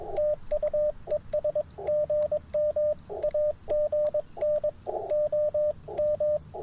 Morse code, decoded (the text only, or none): TU ES GM AGN OM